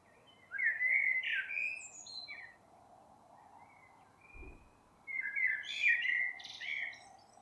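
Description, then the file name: Common blackbird song: a mellow warbled phrase with a high squeaky tail, a soft whistle, a brief low thump, then another fluted, twittering phrase. "Turdus merula"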